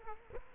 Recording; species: mosquito wingbeat signal from an infrared sensor; Culex quinquefasciatus